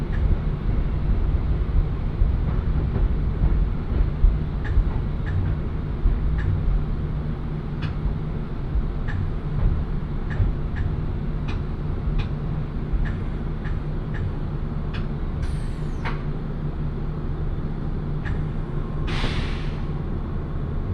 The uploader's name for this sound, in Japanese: 鉄道旅 汐見橋→岸里玉出→なんば→大物